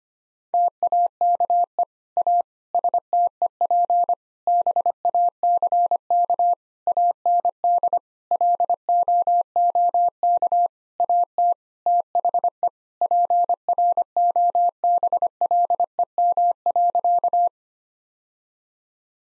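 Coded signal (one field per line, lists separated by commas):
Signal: Morse code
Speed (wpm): 25 wpm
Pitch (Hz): 700 Hz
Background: none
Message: TAKE A STEP BACK AND LOOK AT THE PROBLEM.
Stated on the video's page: Morse code practice at 25 wpm: sentences built from common seven-word phrases, each sent, then spoken, then sent again, for head-copy training.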